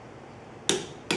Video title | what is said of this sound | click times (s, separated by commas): Ford Model A - Clean, Inspect, Install New Head (2 of 2) | did you hear that right there when you hear that click | 0.7 s